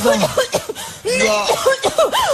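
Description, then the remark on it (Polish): A woman coughs in a run of loud, raspy bursts, with voiced, strained tones between them, broken by a short pause partway through. “Jeszcze raz, bo kaszlałam.”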